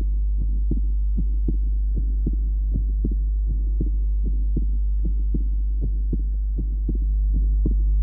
An adult with an atrial septal defect the normal first sound, the grade 1/6 ejection systolic murmur, and the wide fixed splitting of the second sound recording is taken from the pulmonary area.